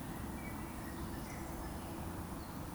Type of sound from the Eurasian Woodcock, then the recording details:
whistle. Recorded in Baden-Württemberg, Germany, on 29 June 2020 at 19:43 UTC. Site 44395, 213 m above sea level